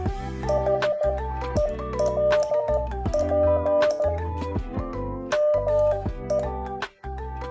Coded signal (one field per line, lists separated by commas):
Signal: Morse code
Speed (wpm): 14 wpm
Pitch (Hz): 600 Hz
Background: music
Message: HELP ME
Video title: Let's enjoy Morse code! #モールス #morse #モールス信号